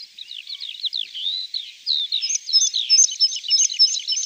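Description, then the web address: Meadow pipit song starting with soft, slurred lower notes, then speeding into a rapid series of thin, high, repeated notes. "Schulze Peter Meadow Pipit"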